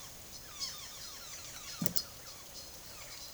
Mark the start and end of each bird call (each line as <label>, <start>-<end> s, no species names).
bird call, 0.00-3.33 s